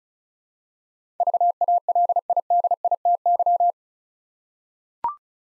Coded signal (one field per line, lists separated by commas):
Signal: Morse code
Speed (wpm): 36 wpm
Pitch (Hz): 700 Hz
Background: none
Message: VALIDITY